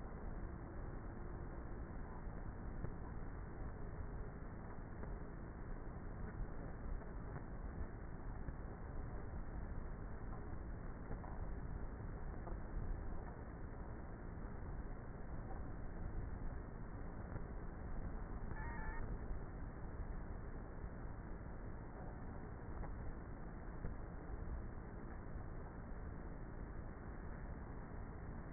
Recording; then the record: honeybee colony, microphone inside the hive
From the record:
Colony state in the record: queenless with a low population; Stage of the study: before two queens were removed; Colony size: about 30,000 bees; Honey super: no